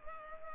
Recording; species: mosquito wingbeat signal from an infrared sensor; Culex pipiens